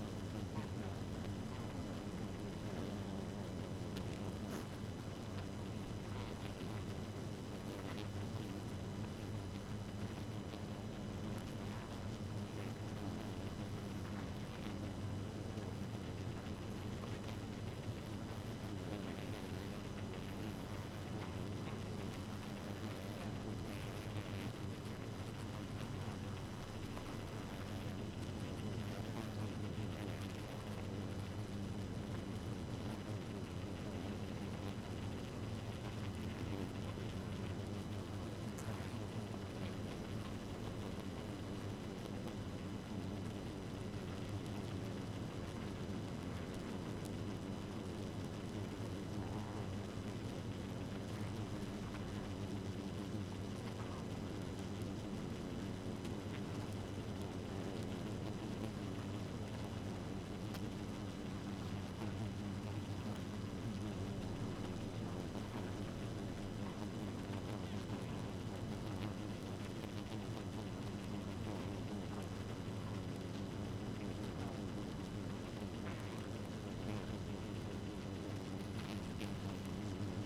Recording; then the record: honeybee colony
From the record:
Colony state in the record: active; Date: 12 June 2018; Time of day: 1:32